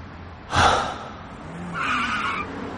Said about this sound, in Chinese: 红灯，孟昭踩了刹车停在十字路口